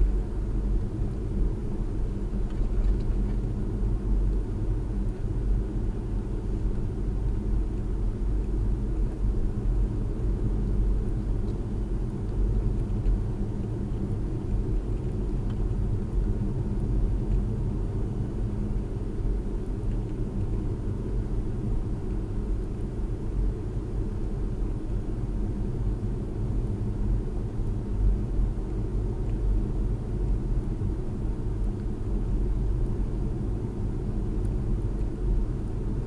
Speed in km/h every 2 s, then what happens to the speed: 39, 39, 39, 37, 39, 39, 39, 39, 39, 37, 39, 37, 39, 39, 39, 39, 39, 39.
0-36 steady at about 39.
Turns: none.